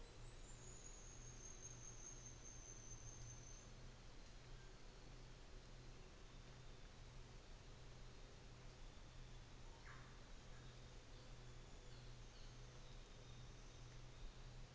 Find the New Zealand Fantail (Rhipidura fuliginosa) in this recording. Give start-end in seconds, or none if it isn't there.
0.09-3.89, 9.14-14.12